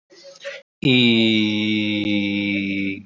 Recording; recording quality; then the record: sustained vowel as in beet; excellent, no background noise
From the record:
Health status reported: healthy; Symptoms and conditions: cough, sore throat, diarrhoea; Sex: male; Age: 26 years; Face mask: not worn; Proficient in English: yes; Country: India